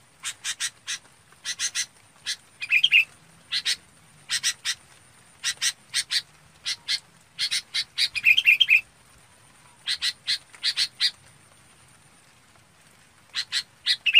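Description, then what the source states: Red-whiskered bulbul produces long sequences of dry chirping notes in quick bursts, broken by a few liquid whistles, then a pause before more chirps; faint high whine present. Chào mào bông calling to gather the flock.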